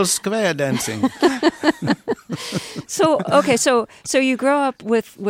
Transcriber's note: soundbite of laughter